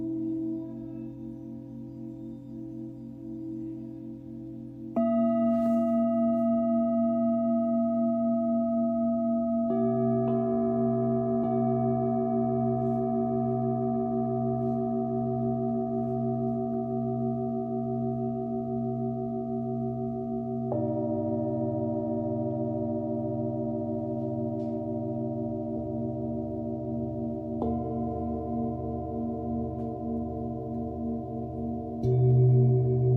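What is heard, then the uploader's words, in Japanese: Singing bowls ring in long, sustained tones that overlap and hum with a slow wavering pulse. New strikes arrive roughly every five seconds, near 5, 10, 21, 26 and 28 seconds, each adding a fresh bright ring over the low drone, with a louder swell at the end. メキシコからシンギングボウルをお届け。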